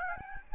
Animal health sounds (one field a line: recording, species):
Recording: mosquito wingbeat signal from an infrared sensor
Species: Aedes albopictus